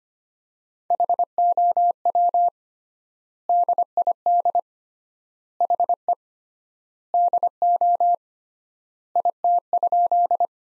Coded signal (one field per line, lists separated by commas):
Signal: Morse code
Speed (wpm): 25 wpm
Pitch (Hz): 700 Hz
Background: none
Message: HOW DID HE DO IT?